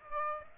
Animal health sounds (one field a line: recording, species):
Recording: mosquito wingbeat signal from an infrared sensor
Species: Aedes aegypti